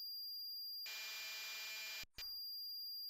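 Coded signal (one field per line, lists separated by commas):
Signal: computer data on cassette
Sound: constant high whine, then a second of harsh buzzing data noise, abrupt cut, click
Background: steady high-pitched whine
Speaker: that tape sound effect I wonder if there's a speed up tape mode in this one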